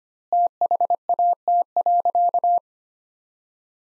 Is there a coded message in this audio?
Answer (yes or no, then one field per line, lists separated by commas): yes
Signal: Morse code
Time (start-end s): 0.3-2.6 s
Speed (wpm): 25 wpm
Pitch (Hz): 700 Hz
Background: none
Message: THAT.